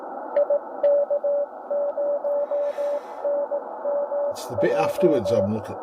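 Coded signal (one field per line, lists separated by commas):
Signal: Morse code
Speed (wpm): 16 wpm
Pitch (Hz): 580 Hz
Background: speech, radio noise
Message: IK0NMJ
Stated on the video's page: CW heard on the 40 and 20 meter bands with a Tecsun S2200-x receiver using an end-fed antenna and internal loop.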